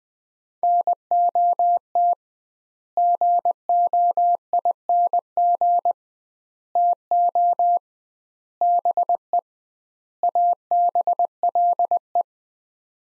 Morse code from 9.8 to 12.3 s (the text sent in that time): ABLE